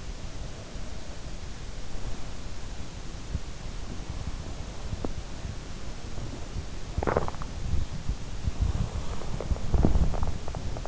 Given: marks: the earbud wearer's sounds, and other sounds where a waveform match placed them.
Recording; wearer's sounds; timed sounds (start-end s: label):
sounds in sleep by an in-ear microphone; breath, teeth grinding
0.00-2.68 s: breath
4.73-5.61 s: teeth grinding
6.75-7.72 s: teeth grinding
8.25-10.88 s: breath